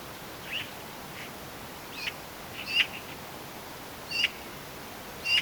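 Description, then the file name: Eurasian magpie uttering brief, abrupt call notes, a few faint and the rest sharper, scattered unevenly over a constant hissing background. "Pica pica"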